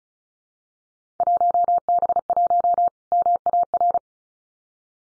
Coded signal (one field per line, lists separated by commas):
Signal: Morse code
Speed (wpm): 36 wpm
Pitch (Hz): 700 Hz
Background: none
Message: 1B1 MAR